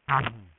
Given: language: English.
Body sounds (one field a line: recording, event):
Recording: throat vibration sensor signal played as sound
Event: throat clearing